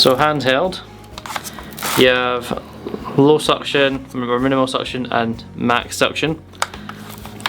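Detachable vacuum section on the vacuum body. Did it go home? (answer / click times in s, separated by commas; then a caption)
released / 6.6 s, 7.5 s. Someone talks while pressing the trigger release on a Shark Hover vacuum cleaner to take a detachable plastic section off the vacuum body. Sharp clicks sound at 6.6 s and 7.5 s as the section releases.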